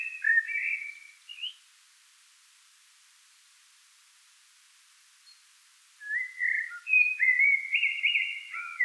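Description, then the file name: Eurasian blackbird warbling whistles heard in two bursts separated by a long quiet pause. "Turdus merula"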